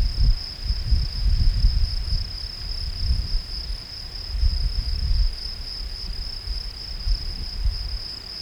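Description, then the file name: Field cricket chirping steadily at a high pitch while loud low rumbling noise rises and falls underneath. "Gryllus campestris"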